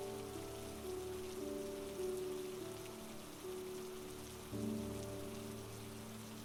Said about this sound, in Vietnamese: Hơn nửa tiếng đồng hồ trôi qua, giông gió cũng giảm đi nhiều, nhưng mưa vẫn còn đang nặng hạt.